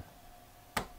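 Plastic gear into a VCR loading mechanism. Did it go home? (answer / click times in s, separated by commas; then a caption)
yes / 0.8 s. A plastic gear is laid flat and pushed into place in the loading mechanism of a Sony SLV-N700 VHS VCR. After a quiet stretch, a single loud, sharp click sounds at 0.8 s. The gear snaps and seats in place.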